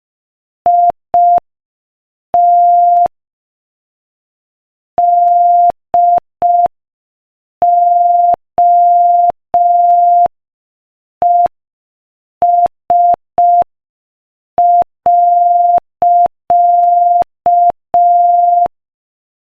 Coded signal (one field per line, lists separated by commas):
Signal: Morse code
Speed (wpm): 5 wpm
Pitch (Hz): 700 Hz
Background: none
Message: IT DOES.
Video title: Morse Code Practice: 5 wpm Inspirational Quote 6